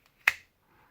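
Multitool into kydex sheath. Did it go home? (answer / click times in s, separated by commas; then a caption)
yes / 0.3 s. A Leatherman Skeletool multitool is pushed into a custom kydex sheath built with click retention. A faint tap at 0.1 s comes before one sharp, bright click at 0.3 s as the tool snaps home. It ends seated solidly in the sheath.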